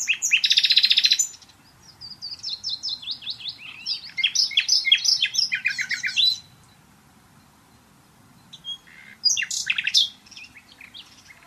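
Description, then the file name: Common nightingale song: a loud buzzy rattle, then long runs of quick repeated chirps, a pause, and another short burst of sharp notes. "Luscinia megarhynchos"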